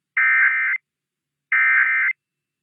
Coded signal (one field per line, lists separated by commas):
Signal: Emergency Alert System (SAME) tones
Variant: end-of-message bursts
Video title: IPAWS Weekly Tests (EAS #570-575) 8/12/24